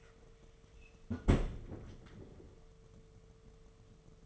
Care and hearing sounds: daily activity, microphone in the room; close fridge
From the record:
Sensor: 4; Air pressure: 1015.8 hPa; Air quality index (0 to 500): 186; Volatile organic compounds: 9 ppm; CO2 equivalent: 2147 ppm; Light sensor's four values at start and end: 9/19/8/8 and 11/25/10/10

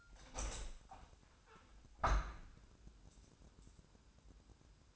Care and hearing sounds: daily activity, microphone in the room; open window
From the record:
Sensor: 2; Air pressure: 1000.3 hPa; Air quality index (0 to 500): 144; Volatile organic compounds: 2 ppm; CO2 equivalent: 1198 ppm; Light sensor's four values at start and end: 11/30/11/13 and 11/31/12/14

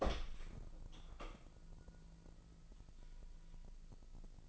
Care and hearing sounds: daily activity, microphone in the room; open door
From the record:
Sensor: 5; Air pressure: 1001.2 hPa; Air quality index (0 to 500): 248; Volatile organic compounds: 35 ppm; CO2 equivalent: 3059 ppm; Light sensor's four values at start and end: 29/67/26/23 and 31/73/28/26

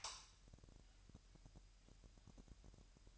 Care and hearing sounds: daily activity, microphone in the room; light on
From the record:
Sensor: 2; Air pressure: 1001.7 hPa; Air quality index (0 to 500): 244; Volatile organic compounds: 33 ppm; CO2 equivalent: 3024 ppm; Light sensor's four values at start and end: 4/10/4/4 and 9/25/10/10

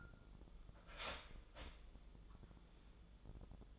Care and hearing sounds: daily activity, microphone in the room; start toaster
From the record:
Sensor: 5

